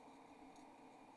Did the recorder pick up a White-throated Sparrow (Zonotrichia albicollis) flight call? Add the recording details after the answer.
no. No flight call is heard. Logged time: 00:57 on 28 November 2014